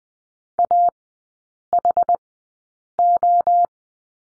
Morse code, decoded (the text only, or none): AHO